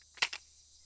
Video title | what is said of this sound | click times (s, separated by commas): Three Different Ways to Fold Your AR (Do You Even Fold Bro?) | fold out so well that's how it locks | 0.2 s